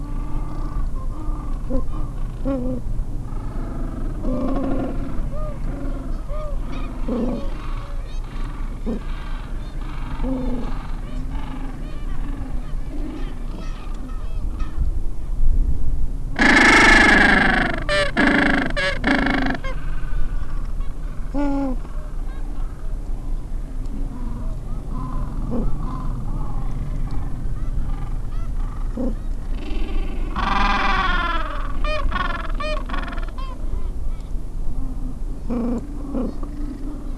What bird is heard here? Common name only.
Gentoo Penguin